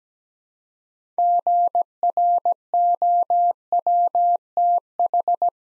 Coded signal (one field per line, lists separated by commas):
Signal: Morse code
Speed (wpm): 17 wpm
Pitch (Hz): 700 Hz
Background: none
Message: GROWTH